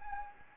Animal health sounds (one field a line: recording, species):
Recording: mosquito wingbeat signal from an infrared sensor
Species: Anopheles gambiae